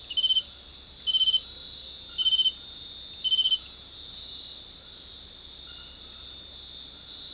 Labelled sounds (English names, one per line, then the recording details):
none
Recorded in dense forest near Puerto Asís, Putumayo, Colombia, on 21 February 2024 at 20:30
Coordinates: 0.500, -76.322
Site G6465